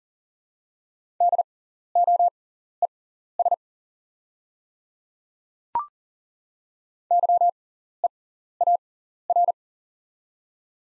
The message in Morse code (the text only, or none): DOES YEAR